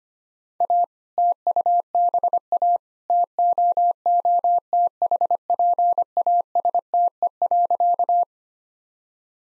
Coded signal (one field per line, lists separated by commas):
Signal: Morse code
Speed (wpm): 25 wpm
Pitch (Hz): 700 Hz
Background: none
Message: A TUBA TOOTHPASTE.